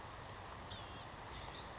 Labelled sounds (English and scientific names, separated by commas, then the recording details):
Blue-gray Gnatcatcher (Polioptila caerulea)
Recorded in Sonoma County, California